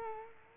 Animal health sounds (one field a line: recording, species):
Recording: mosquito wingbeat signal from an infrared sensor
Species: Culex quinquefasciatus